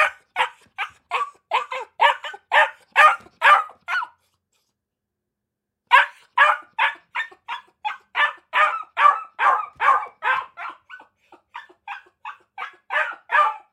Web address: Blastwave ANIMALS Dog Akita Puppy. dog akita puppy bark in cage kennel